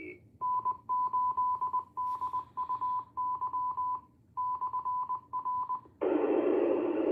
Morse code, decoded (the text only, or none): N8DUY/R